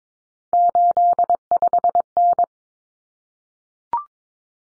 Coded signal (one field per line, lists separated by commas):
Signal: Morse code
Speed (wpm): 22 wpm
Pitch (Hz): 700 Hz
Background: none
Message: 85N